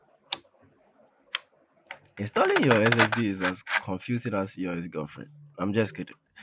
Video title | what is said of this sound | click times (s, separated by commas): Pc Build | Now, for you to know that you've installed your RAMs properly, just hear out for two clicks, just like this. | 0.3 s, 1.3 s